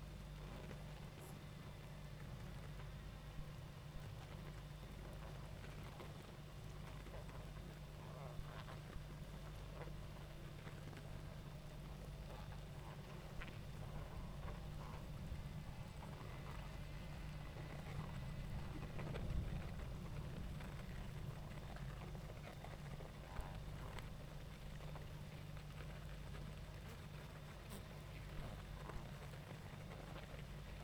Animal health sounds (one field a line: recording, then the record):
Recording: honeybee colony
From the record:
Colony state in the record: active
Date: 28 July 2017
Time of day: 19:52